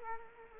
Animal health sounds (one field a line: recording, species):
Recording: mosquito wingbeat signal from an infrared sensor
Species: Culex quinquefasciatus